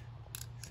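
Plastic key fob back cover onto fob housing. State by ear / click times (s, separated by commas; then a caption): seated / 0.3 s. The two plastic halves of a Hyundai Sonata Hybrid key fob shell are lined up and pressed hard together after a CR2032 battery change. A sharp snap is heard at 0.4 s (0.35 s), followed by two fainter clicks at 0.4 s and 0.6 s over a steady low hum. The back cover seats onto the fob housing and the gaps close.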